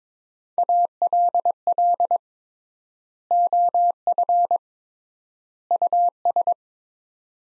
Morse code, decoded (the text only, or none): ALL OF US